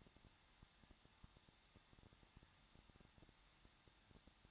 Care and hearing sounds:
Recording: daily activity, microphone in the room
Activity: no activity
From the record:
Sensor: 3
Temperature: 21.2 degrees Celsius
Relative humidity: 36.3%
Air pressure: 1006.3 hPa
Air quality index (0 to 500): 222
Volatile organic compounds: 41 ppm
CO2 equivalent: 3171 ppm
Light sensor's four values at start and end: 2/3/2/2 and 2/3/2/2

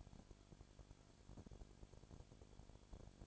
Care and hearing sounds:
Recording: daily activity, microphone in the room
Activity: no activity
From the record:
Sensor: 5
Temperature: 20.2 degrees Celsius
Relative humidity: 36.5%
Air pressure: 1001.2 hPa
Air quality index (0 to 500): 177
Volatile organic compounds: 4 ppm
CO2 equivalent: 1614 ppm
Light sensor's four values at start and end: 2/3/1/1 and 2/3/1/1

